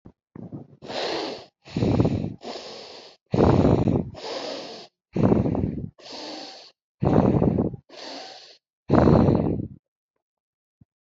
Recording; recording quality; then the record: shallow breathing; excellent, no background noise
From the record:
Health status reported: healthy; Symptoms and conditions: none ticked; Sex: female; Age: 24 years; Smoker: not ticked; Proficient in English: yes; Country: United States